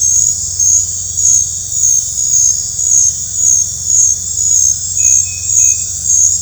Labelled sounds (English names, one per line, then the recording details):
none
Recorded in dense forest near Puerto Asís, Putumayo, Colombia, on 20 December 2024 at 20:00
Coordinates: 0.468, -76.322
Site G071